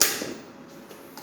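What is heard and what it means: A plug-in NMT/BIS-type patient monitoring module is pushed back into the module rack of a Mindray A5 anesthesia machine's monitor. A sharp, loud hit at 0.0 s marks it seating, followed by a quiet decay and a faint small knock near 1.2 s. The module is seated.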